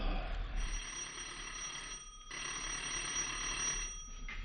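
A doorbell at a house rings loudly at night as visitors ring at the door, in long, sustained buzzing bursts broken by two brief pauses, with a bright metallic ringing tone and no voices.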